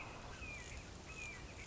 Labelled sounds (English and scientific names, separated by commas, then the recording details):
Red-shouldered Hawk (Buteo lineatus)
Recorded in Sonoma County, California